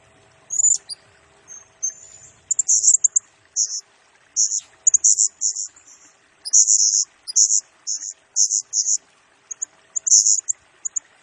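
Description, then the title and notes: Blue-crowned hanging parrot: shrill, high-pitched song of a blue-crowned hanging parrot, dense runs of buzzy squeaks and chips that grow busier after the first few seconds. Serindit in 'gacor' (constantly singing) and 'nembak' rapid-fire style; recording used as a 'pemikat' lure and 'nasteran' tutor for training birds, said to agitate all birds. "Burung Serindit Nembak Gacor Bikin Emosi Semua Burung. Suara Nasteran Dan Pemikat Burung Serinditan Gacor"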